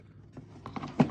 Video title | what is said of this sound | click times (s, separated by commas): How to use all functions on a 1924 Remington Portable antique typewriter | there's 2 little latches in the back that latch in just like that. | 0.8 s, 1.0 s